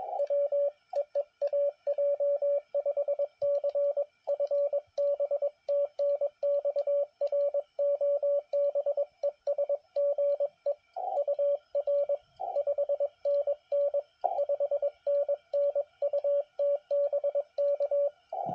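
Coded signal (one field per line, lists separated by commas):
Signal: Morse code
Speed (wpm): 21 wpm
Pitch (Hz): 570 Hz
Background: radio noise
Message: W EE AJ5C FB TNX ROB ES GE UR 5NN 5NN UT BK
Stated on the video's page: CW Parks on the Air activation from a national forest.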